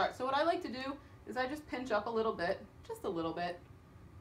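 A wearable insulin pod sits on pinched-up skin, ready for its spring-loaded cannula to insert. Someone talks throughout, with no distinct mechanical sound. Nothing has clicked or seated yet.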